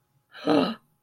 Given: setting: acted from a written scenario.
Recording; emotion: vocal sound without words; negative surprise